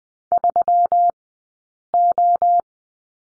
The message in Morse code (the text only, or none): 3O